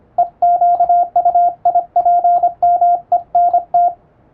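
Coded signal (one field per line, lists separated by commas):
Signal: Morse code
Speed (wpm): 25 wpm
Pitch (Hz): 700 Hz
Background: radio noise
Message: EQUIPMENT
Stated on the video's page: Morse code sent with an electronic keyer in English-language radio telegram format, for receiving practice.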